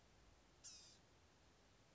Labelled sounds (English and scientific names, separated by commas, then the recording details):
Blue-gray Gnatcatcher (Polioptila caerulea)
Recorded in Sonoma County, California